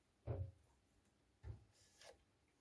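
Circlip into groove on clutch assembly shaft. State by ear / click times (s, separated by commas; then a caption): not seated / none. The second spring-steel retaining circlip is pressed toward its groove on the clutch assembly shaft during a Honda SS50 moped engine clutch rebuild. Low rubbing, scraping handling noises come at about 0.3 s, 1.5 s and 2.0 s, and a short hit starts right at the end. Nothing has seated or clicked yet.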